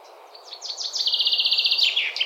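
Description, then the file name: Common Chaffinch song: a few separate descending notes lead into a fast, even rattling trill that ends in a short flourish. "Fringilla coelebs"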